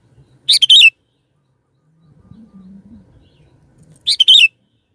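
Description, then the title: Sooty-headed bulbul singing two bright, bubbly phrases about three and a half seconds apart, over a faint low rumbling sound in the gap. "Kutilang"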